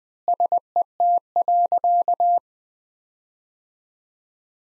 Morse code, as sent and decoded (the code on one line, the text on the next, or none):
... . - .-.-.-
SET.